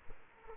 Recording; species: mosquito wingbeat signal from an infrared sensor; Culex quinquefasciatus